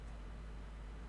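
A plastic clip on a trim molding is being handled at its hole in the body, but nothing has seated or clicked yet. A steady broadband rumble with strong low-frequency noise runs through the clip, with no distinct sharp sounds and no talking.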